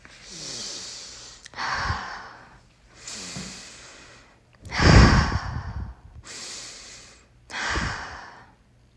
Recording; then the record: deep breathing after running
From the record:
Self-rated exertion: vigorous exertion (4 of 6); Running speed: 6 miles an hour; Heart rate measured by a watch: 104 beats a minute at the start, 106 at the end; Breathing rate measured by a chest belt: 16 breaths a minute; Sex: male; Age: 25 years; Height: 174 cm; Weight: 71 kg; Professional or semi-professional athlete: no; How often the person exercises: 3 to 5 times a week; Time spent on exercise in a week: 2 to 3 hours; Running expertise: no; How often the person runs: 1 to 2 times a week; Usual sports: running, swimming, badminton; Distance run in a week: 8 km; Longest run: 10 km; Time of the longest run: 48 minutes